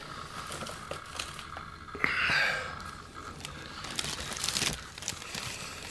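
Dry crinkling and rustling of a bag of paper and rubbish gathered around a dead body as its contents are rummaged through, with a louder crackling burst midway and several sharp rustles toward the end, no voices.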